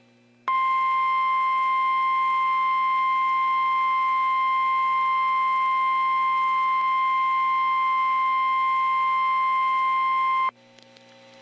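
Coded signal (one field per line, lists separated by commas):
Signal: Emergency Alert System (SAME) tones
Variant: 1050 Hz attention tone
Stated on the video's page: Real National Weather Service SAME alerts, mostly tornado warnings, plus thunderstorm warnings, watches, statements and a special marine warning.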